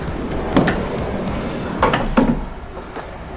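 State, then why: Seated. The large side passenger sliding door of a Force Urbania van is slid single-handedly along the van body over music, with short knocks and rattles around 0.6, 0.7, 1.8 and 1.9 seconds. It latches into its held, locked position with a sharp click at 2.2 seconds.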